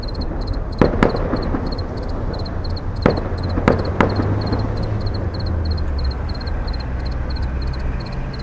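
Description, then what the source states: Cricket giving regular high pulsed chirps at a steady pace over heavy low rumbling background noise, with a few sharp clicks or thumps. Sergiyev Posad, 9 May 2009.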